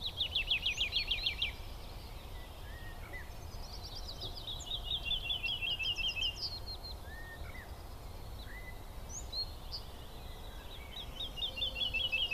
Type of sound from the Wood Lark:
song